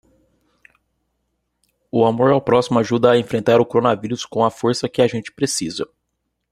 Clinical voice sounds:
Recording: spoken sentence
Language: Brazilian Portuguese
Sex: male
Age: 20 to 29 years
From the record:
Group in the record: control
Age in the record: 23 years

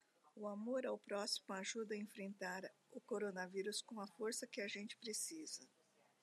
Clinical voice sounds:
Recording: spoken sentence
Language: Brazilian Portuguese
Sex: female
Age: 60 to 69 years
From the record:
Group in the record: control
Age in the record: 68 years

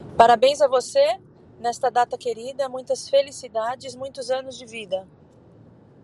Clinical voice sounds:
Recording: short text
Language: Brazilian Portuguese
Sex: female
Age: 40 to 49 years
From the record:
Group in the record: control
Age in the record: 47 years

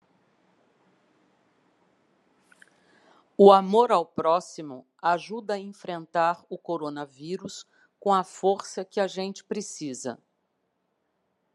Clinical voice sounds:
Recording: spoken sentence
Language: Brazilian Portuguese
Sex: female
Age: 60 to 69 years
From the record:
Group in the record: control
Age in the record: 60 years

